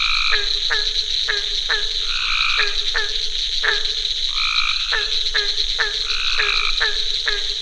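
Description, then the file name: Barking treefrog giving low booming notes, about two per second, with higher tonal calls and a constant high drone in the background. Recorded at a pond on 22 June 2024 at 21:45. "Hyla Gratiosa 240622 2145"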